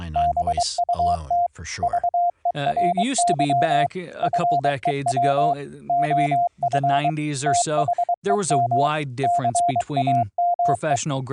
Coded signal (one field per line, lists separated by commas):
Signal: Morse code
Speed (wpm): 23 wpm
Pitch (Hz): 700 Hz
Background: speech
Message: BUT VERY FEW OF THEM CAME